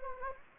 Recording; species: mosquito wingbeat signal from an infrared sensor; Anopheles gambiae